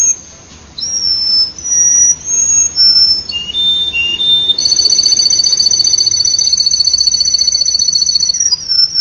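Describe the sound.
Canary singing: a run of high whistled notes changing pitch, then a long, even, rolling trill held steady for several seconds.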